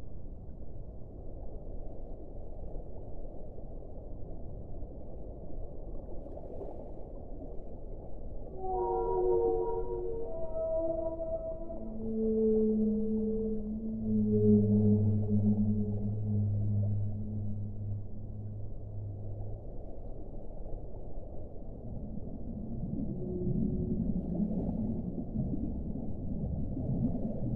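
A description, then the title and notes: Whales sing over a steady low rumble of water noise. Starting near nine seconds, a run of tonal calls steps downward from high squeaks to deep moans that hold until about nineteen seconds, and a murmuring low call rises near the end. Singing of whales.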